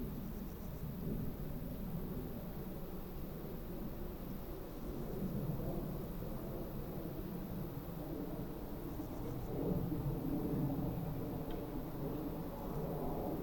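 A summer meadow at a woodland edge, filled with a steady, dense low rumble like wind or passing traffic that holds level throughout. A few faint, brief high ticks show up near the start and again around nine seconds.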